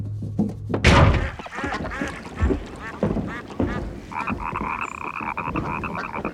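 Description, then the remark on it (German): A frog croaks in a steady series of rough, pulsing calls, joined midway by a higher sustained tonal chorus, with a loud thump near the start. “Hör mal da, ein Fröschlein quakt.”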